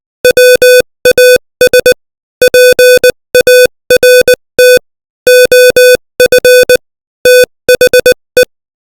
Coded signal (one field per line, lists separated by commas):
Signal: Morse code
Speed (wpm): 20 wpm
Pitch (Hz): 500 Hz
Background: music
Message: WAS PART OF THE